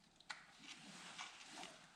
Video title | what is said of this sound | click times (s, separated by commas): CRF450R Air Leak Sound | all right so i heard the the clicker go click and that means it's to the right specs | 0.3 s